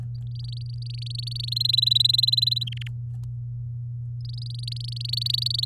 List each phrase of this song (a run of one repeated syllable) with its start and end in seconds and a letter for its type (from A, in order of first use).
0.35-1.54 A, 1.56-2.64 B, 2.67-2.88 C, 4.25-5.65 A